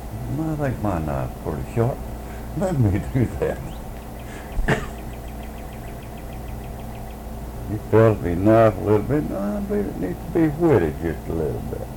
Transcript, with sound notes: I think my knife is pretty sharp, let me do that. (laughs) He felt of his knife a little bit, Well, now, I believe it needs to be whitted just a little bit.